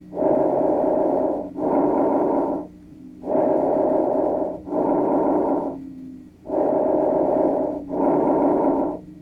Bronchovesicular. Lung sounds.